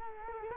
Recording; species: mosquito wingbeat signal from an infrared sensor; Culex quinquefasciatus